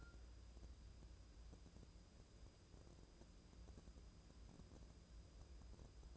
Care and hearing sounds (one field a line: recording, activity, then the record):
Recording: daily activity, microphone in the room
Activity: wipe stove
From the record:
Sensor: 2